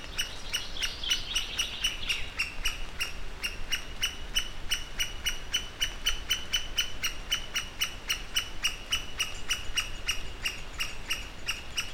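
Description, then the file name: Great spotted woodpecker uttering short, sharp high notes in a rapid, fairly even run of about three or four per second, with steady low background noise. Alarm call. "Buntspecht Alarmruf"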